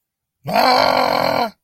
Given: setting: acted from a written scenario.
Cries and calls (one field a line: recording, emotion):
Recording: vocal sound without words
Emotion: fear